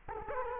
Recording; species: mosquito wingbeat signal from an infrared sensor; Culex quinquefasciatus